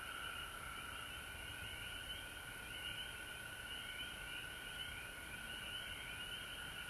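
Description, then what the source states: Massed frogs trilling without pause, a constant high ringing tone beneath faster repeated chirping notes. Frog chorus recorded at home in Georgia on March 19, 2020.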